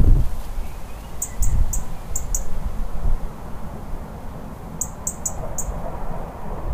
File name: Erithacus rubecula - European Robin